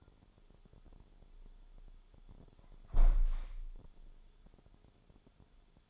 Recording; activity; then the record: daily activity, microphone in the room; close window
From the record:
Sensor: 5